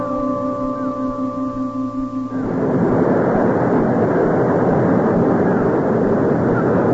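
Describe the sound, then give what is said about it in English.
Ocean waves wash onto a beach in a steady, loud, hissing roar, preceded for the first two seconds by a low droning hum. No voices are heard. “Look at those waves. The sea never changes, and its works, for all the talk of men, are wrapped in mystery.”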